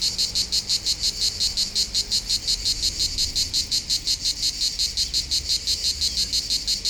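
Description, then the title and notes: Rhythmic cicada song, sharp buzzing pulses repeating evenly, nearly three per second, with little else audible. Local cicadas in full activity on a hot summer day at the foot of the Molard de Vions, Vions, France. "39 Rue De BOVERON, 73310 Vions, France - Rythmique des cigales. Par une chaude journée d'été les cigales locales sont en pleine activité au pied du Molard de Vions"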